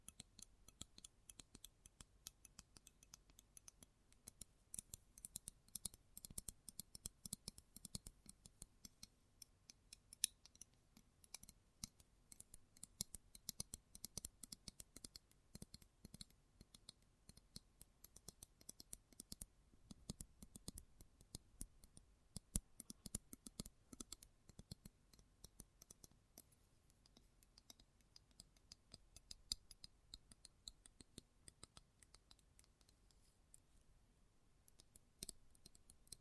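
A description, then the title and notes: Close-up metallic sounds: dense, irregular clicks and snips like scissors, bright and sharp, continuing throughout with brief louder bursts. ASMR Close Up Metallic Sounds (No Talking).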